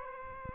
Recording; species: mosquito wingbeat signal from an infrared sensor; Aedes aegypti